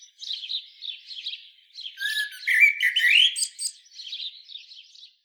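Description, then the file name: Common blackbird with one central phrase of low warbled notes rising into high squeaky twitters, framed by softer chattering. "Turdus merula"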